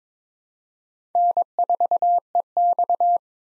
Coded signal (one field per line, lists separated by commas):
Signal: Morse code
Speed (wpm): 22 wpm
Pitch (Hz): 700 Hz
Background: none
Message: N4EX